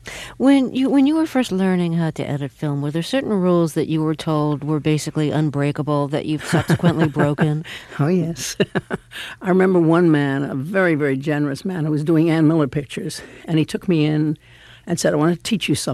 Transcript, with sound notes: When you were first learning how to edit film were there certain rules that you were told were basically unbreakable that you've subsequently broken?
(Soundbite of laughter) Oh yes. I remember one man, a very, very generous man who was doing Ann Miller pictures and he took me in and said I want to teach you something.